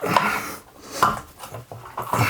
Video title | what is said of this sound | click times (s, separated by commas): TSCHÜSS WOHNUNG! Wir ziehen in unser HAUS [Umzug] | ne es rastet nicht ein alter oh | none